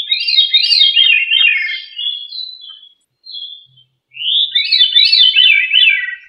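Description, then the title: Thrush song: flowing, fluty warbles that rise and fall quickly, a short quieter whistled motif, then another long melodic phrase. "Familia Turdidae - Sabia"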